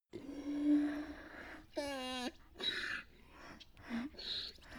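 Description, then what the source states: Donkey bray: a low droning tone, then a loud harmonic honk near two seconds, followed by a few rough, breathy wheezing bursts. Resonant donkey bray.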